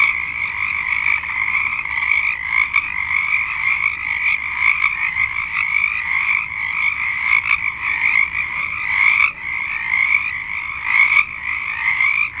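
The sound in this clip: Many frogs croaking at once, a constant trilling chorus with irregular louder pulses over steady background calling.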